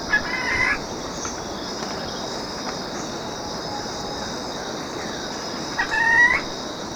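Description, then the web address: Ruddy foliage-gleaner giving two short harsh calls, one at the start and one near the end, over a steady high background drone and hiss. Recorded in Ecuador. "Birds of Ecuador 2. Ruddy Foliage-Gleaner"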